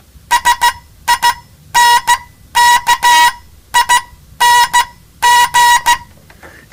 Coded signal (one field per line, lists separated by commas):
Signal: Morse code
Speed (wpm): 15 wpm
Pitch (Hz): 960 Hz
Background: none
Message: SINKING